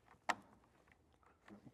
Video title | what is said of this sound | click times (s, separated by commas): HOW TO INSTALL WET SOUNDS HARLEY-DAVIDSON AUDIO KITS - ROAD GLIDE & STREET GLIDE UPGRADE | Make sure that clicks into place. | 0.3 s